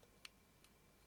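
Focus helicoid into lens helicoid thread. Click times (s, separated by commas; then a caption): 0.2 s. A metal focus helicoid from a Leica Summicron-R 1:2/50mm lens, being re-greased with Liqui Moly LM47 because of a very stiff focus ring, is lined up at its marked starting point and turned into the lens helicoid thread. A sharp tick at 0.3 s (0.25 s) marks it dropping into the thread start, followed by a fainter tick at 0.6 s. The helicoid is seated in the thread.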